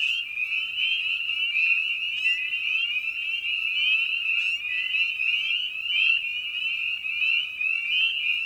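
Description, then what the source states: Spring peepers calling together, countless short rising whistles merging into an unbroken high-pitched chorus. Evening at a frog pond; presented in a modified format intended as a sleep aid.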